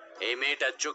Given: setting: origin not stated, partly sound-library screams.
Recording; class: one-second piece from a danger detection set; woman in danger